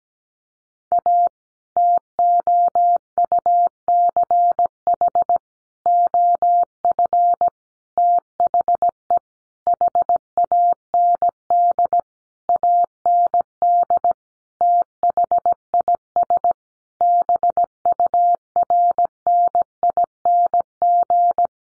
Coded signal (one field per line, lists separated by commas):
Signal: Morse code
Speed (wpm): 17 wpm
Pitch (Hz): 700 Hz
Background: none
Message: A TOUCH OF THE HAND AND THIS BURNING